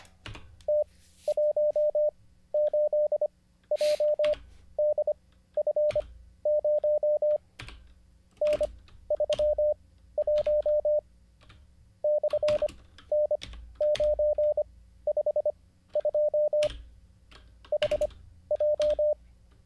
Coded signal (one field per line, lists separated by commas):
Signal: Morse code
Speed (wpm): 25 wpm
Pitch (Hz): 600 Hz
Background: none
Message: T18JDF0 N31 /N952 HJ